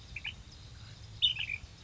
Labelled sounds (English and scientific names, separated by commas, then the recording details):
Ash-throated Flycatcher (Myiarchus cinerascens)
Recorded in Sonoma County, California